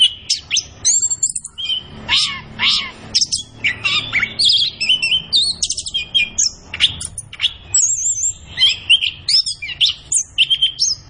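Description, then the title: Orange-headed thrush song, a rapid, varied run of high whistles, trills and chirps with short pauses, continuous throughout. Kept songbird singing gacor (in full, vigorous song), used as masteran to train other birds in Indonesian songbird keeping (kicau mania). "Anis Kembang Gacor. Kicau Mania Masteran Anis Kembang"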